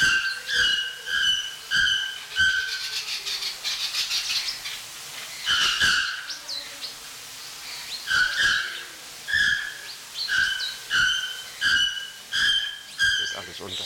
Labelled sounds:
Bare-throated Bellbird (Procnias nudicollis)
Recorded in captivity
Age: adult
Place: Zoo Berlin, Berlin, DE
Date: 1993-08-28
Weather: 12-15°C, heiter
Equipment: Marantz CP 430, Sennheiser MKH 416 T, Kopie Uher Variocord 263
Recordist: Tembrock, Günter

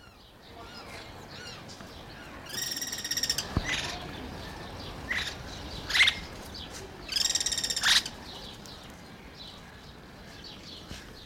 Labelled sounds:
Guira Cuckoo (Guira guira)
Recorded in captivity
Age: adult
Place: Zoo Berlin, Berlin, DE
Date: 1992-04-04 11:04
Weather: bedeckt, 5-8°C
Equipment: Nagra SN, Mikrofon AKG CK 8, Kopie Tesla B 116
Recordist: Tembrock, Günter

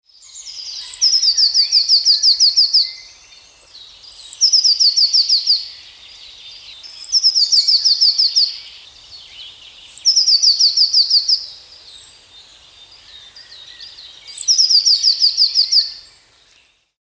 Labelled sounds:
Eurasian Blue Tit (Cyanistes caeruleus)
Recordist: Tembrock, Günter
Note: Gesang

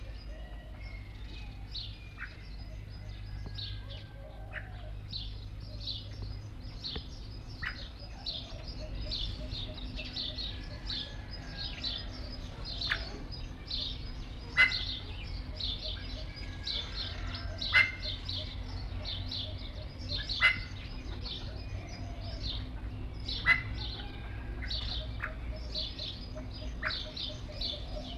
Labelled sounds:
Lady Amherst's Pheasant (Chrysolophus amherstiae) call
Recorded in captivity
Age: adult
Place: Zoo Leipzig, Sachsen, DE
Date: 1965-03-27 14:00
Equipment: Magnetophon 300, Transistorverstärker, Sennheiser MD 421
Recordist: Tembrock, Günter

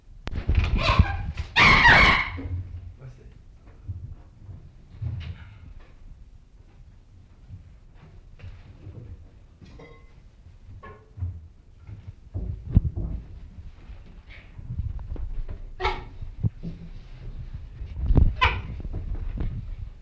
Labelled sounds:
Chimpanzee (Pan troglodytes)
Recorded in captivity
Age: adult
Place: Zoo Leipzig, Sachsen, DE
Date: 1965-03-26 17:45
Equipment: Telefunken Magnetophon 300, Sennheiser MD 421, Transistorverstärker
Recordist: Tembrock, Günter

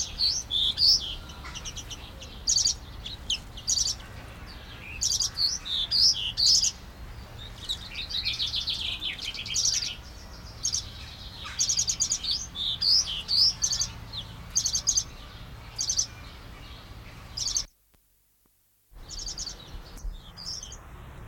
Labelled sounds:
Common Redpoll (Carduelis flammea)
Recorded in captivity
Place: Zoo Dresden, Sachsen, DE
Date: 1995-05-17 14:15
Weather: bedeckt, 12°C
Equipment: Marantz CP 430, Sennheiser ME 80, Kopie Uher 4000 Report Monitor
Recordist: Tembrock, Günter

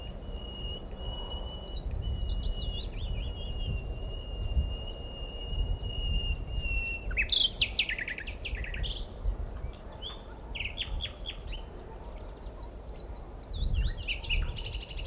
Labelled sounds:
Common Nightingale (Luscinia megarhynchos) song
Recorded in the wild
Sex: male
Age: adult
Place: Mühlenbecker Land, OT Buchhorst, Naturpark Barnim, Brandenburg, DE
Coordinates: 52.6736, 13.3908
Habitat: ponds - alder marsh
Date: 1975-05-02 16:45
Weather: partly sunny, 16°C
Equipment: Uher CR 210, Sennheiser MD 421, Verstärker, Kopie Uher 4200
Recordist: Tembrock, Günter

